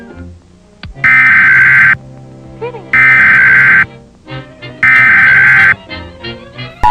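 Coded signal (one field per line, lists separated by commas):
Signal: Emergency Alert System (SAME) tones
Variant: header bursts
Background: speech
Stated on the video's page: Fictional EAS scenario based on SCP-106, not a real alert.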